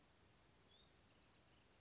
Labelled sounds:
Bewick's Wren
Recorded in Sonoma County, California

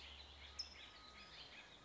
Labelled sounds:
California Towhee
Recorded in Sonoma County, California

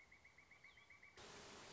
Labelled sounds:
Pileated Woodpecker
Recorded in Sonoma County, California

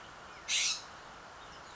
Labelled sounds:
California Scrub-Jay
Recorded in Sonoma County, California

